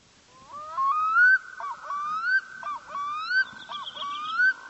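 Bird giving repeated rising, slurred whistles about once a second, with harmonics and a steady background tone.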